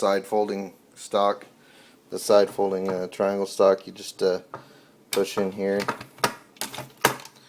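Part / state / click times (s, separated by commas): triangle folding stock latching onto the rifle receiver's front catch / seated / 7.1 s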